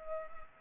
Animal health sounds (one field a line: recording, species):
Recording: mosquito wingbeat signal from an infrared sensor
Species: Culex pipiens